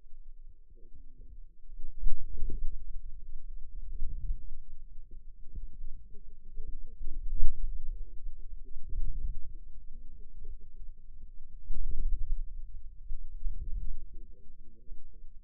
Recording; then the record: forearm muscle sounds (acoustic myography)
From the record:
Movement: inward rotation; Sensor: system 2, bracelet of six BSWA MPA416 microphones around the upper forearm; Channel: 1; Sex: female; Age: 21 years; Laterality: right